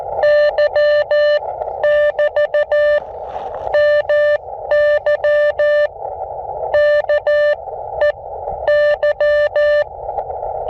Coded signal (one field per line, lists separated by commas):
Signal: Morse code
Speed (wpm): 14 wpm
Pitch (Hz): 590 Hz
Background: none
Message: Y <BT> MY KEY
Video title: What has N9YO been doing? Elecraft KX2 & AX1 + CW Morse